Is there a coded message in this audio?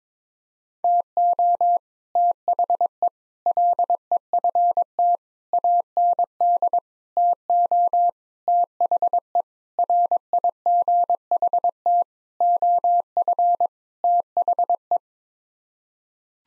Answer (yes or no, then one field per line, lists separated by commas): yes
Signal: Morse code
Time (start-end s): 0.8-15.0 s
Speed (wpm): 21 wpm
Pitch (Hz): 700 Hz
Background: none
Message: TO THE LEFT AND TO THE RIGHT OF THE